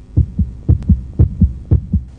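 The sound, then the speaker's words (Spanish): A heartbeat sound effect: four quick lub-dub double thumps at a steady, fairly fast pace, deep and muffled, with no voices. “los latidos de su corazón son tan fuertes que hasta San Pedro en el cielo logra escucharlo”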